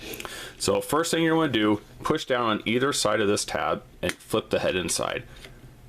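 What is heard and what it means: Someone talks while pressing down on both sides of a tab on a plastic Transformers Combiner Wars Motormaster transforming robot toy to flip its head panel inside. Faint handling sounds are heard under the talk. The head panel has not clicked into place yet.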